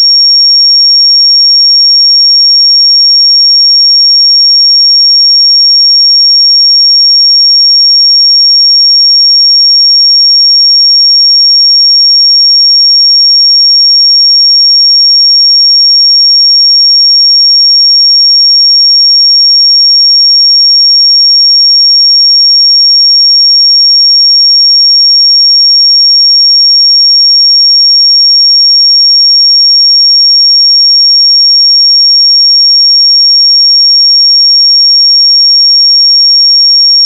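A pure 5545 Hz sine tone, a single bright whistle-like pitch held perfectly steady and unchanging at constant loudness throughout.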